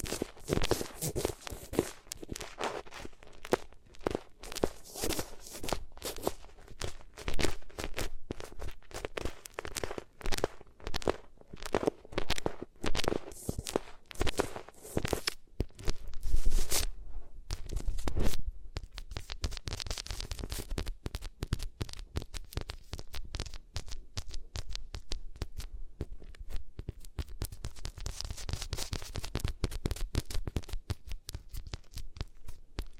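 Materials are rubbed against the ears in dense, scratchy strokes that crackle and crunch like tearing paper. The first half is busier and louder, with a thick burst around sixteen to eighteen seconds. After that comes a steadier, softer hiss of finer rubbing that rises and falls in slow swells.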